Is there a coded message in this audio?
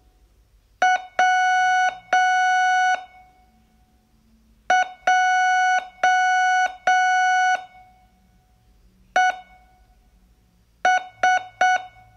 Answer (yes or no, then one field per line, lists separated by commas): yes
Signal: Morse code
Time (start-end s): 0.8-11.8 s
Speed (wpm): 6 wpm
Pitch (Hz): 740 Hz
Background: none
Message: W J E S